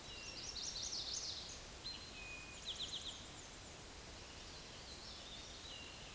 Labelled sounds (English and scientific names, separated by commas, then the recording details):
Eastern Towhee (Pipilo erythrophthalmus) song
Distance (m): 65 m
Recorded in a Pennsylvania forest on 17 May 2023 at 13:26
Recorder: AudioMoth, point grid1_36_low
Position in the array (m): 114 m, 106 m